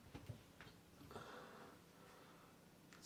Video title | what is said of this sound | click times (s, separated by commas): Samsung Dishwasher Waterwall Motor Replacement! Step by Step! #samsung #diy | snapped into place right there snapped into place in the back | 0.6 s, 2.9 s